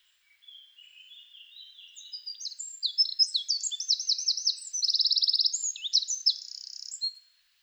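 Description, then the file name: Eurasian wren song beginning with soft high notes, then building into loud rapid trills and a dry rattling reel before ending abruptly. "Troglodytes troglodytes"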